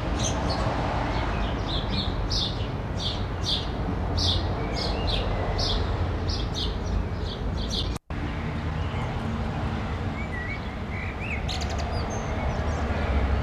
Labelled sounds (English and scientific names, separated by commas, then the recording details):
House Sparrow (Passer domesticus) song
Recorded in the wild
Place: Garmisch-Partenkirchen, Bayern, DE
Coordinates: 47.4986, 11.1303
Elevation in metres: 1036
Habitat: mountains
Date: 1980-03-29
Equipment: Uher 4000 Report, Sennheiser MKH 815 T
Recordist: Tretzel, Erwin